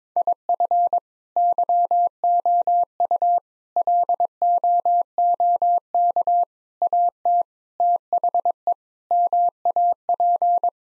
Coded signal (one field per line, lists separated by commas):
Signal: Morse code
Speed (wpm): 22 wpm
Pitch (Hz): 700 Hz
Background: none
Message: IF YOU LOOK AT THE MAP